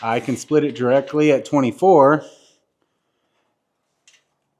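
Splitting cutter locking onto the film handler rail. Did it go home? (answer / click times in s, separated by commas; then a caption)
yes / 4.1 s. Someone talks while setting the splitting cutter on a window-film handling rig to the 24-inch mark on a 4-foot roll, to suit windows 22 to 23 inches wide. After a pause, a single sharp click is heard at 4.1 s as the cutter locks into place on the film handler rail.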